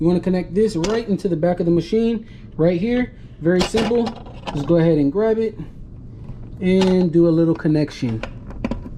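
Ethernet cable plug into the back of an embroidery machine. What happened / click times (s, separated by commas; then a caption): The cable plug is handled near the port but not yet clicked home / none. Someone talks while handling the Ethernet cable plug from the keypad remote of a Melco Bravo X multi-needle embroidery machine, bringing it to the port on the back of the machine. A few brief, sharp handling sounds occur around 8.5 to 8.7 seconds, but the plug has not yet seated or clicked into the port when the clip ends.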